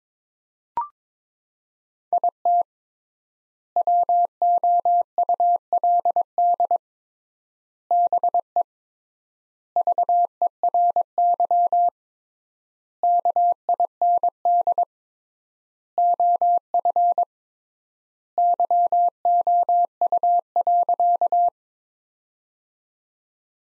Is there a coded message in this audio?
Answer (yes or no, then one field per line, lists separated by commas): yes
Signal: Morse code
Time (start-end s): 2.1-21.5 s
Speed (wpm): 22 wpm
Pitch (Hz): 700 Hz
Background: none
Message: IT WOULD BE VERY KIND OF YOU.